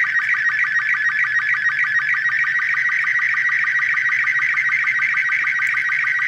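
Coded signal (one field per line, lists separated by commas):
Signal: SSTV (slow-scan television)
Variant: Robot36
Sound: warbling, chirpy continuous tone with fast regular ticking pulses, like a steady electronic buzz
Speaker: I'm just gonna grab my own logo here and we'll try to send this one just via sound you will hear the sound too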